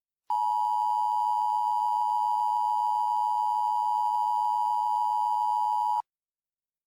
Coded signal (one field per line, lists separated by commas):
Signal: Emergency Alert System (SAME) tones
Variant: 853 and 960 Hz attention tone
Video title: EAS Mock 15: Majesty